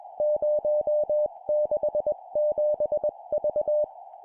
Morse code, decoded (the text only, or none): 067V